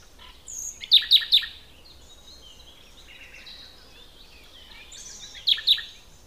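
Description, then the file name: Common nightingale song: a loud burst of sharp notes near the start, quieter warbled phrases, then another sharp burst at the end. "Luscinia megarhynchos"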